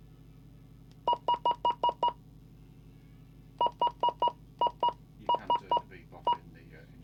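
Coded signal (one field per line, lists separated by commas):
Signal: none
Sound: radio's key press beeps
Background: speech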